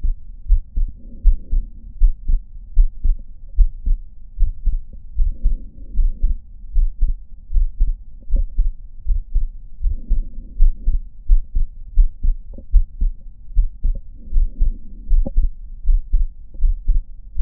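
Steady low adult heartbeat thumps heard through a stethoscope, about 78 a minute, with faint breathing noise in the background.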